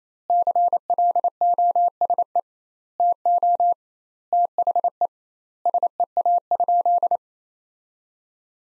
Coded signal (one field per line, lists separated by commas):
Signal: Morse code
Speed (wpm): 28 wpm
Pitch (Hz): 700 Hz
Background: none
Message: CLOSE TO THE SEA?